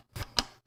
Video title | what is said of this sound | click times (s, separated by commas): I Bought A Used X399 Taichi Motherboard From Amazon Warehouse. Was It A Steal Or A Ripoff? | And we will wait to hear that click. There | 0.4 s